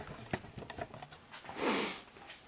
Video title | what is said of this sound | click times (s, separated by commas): M2hb Cradle Mounts - A Closer Look | and we're locked into place um | 0.7 s